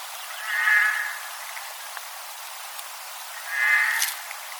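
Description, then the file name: Eurasian jay giving two harsh, rasping screeches about three seconds apart, each lasting roughly half a second, with quiet background hiss between them. "Garrulus glandarius"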